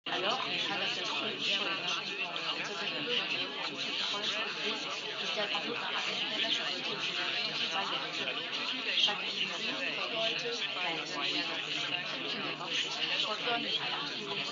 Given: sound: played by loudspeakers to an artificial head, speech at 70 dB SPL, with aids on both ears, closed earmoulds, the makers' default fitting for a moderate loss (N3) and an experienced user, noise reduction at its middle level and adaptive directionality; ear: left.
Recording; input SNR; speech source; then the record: speech test signal (ISTS) in cocktail-party noise; -3 dB; on the right (90 degrees)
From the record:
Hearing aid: class 1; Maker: G